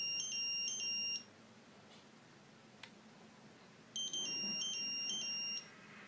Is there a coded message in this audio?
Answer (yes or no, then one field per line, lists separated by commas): no